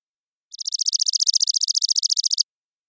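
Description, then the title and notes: Chipping sparrow song, a dry, rapid, even trill of identical chips on one pitch, lasting about two seconds, with silence before and after. Single bird's trilling song, recorded with a parabolic microphone in the Pacific Northwest, Washington, United States; intermixed tree-grass open spaces; cleaned for clarity, natural pace kept. "Chipping Sparrow, Spizella passerina, trilling song, single species parabolic recording, single bird performance, common voice of intermixed tree-grass open spaces Recorded in the beautiful Pacific Northwest, Washington, United States"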